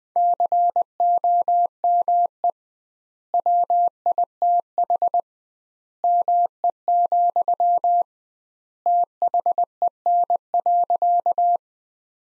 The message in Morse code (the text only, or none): COME WITH ME, THEN.